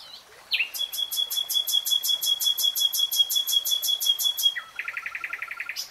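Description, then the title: Nightingale song: a long, steady rapid trill of repeated notes over a held tone, switching to a lower faster rattle at the end. Nightingale singing in real time. "[Tiếng chim hót] 3 Hours REALTIME Nightingale Singing"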